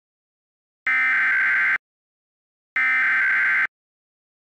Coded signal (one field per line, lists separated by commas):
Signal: Emergency Alert System (SAME) tones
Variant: header bursts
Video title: EAS Zombie Plague Scenario - SCP-008 (OFFICIAL SNEAK PEEK)